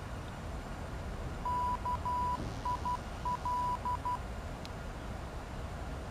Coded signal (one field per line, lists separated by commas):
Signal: Morse code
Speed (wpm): 12 wpm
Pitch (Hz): 990 Hz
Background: none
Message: KIL